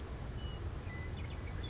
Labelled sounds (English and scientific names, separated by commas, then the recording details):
Western Meadowlark (Sturnella neglecta)
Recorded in Sonoma County, California